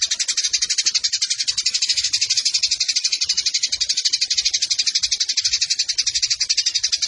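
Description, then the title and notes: Eurasian tree sparrow singing a nonstop, harsh, fast-pulsed chatter of shrill chirps throughout. Fighting-style sparrow with long 'nembak panjang' shooting chatter and clear voice, used as a tutor recording for birds entered in song competitions. "GEREJA TARUNG NEMBAK PANJANG SUARA JERNIH. Burung Gereja"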